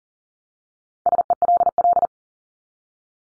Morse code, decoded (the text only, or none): SELL